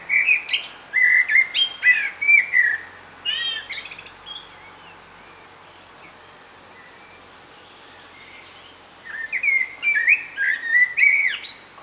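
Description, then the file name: Common blackbird singing two mellow whistled phrases with several seconds of silence between them, each phrase finishing in sharp, squeaky high notes. "Turdus merula"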